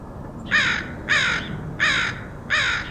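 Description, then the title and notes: Crow calling four harsh, raspy caws, spaced apart and loud and clear above a low steady hum. Crows recorded in Portland, Oregon, in August 2003. "Crows recorded by Dan Bodah in Portland, OR"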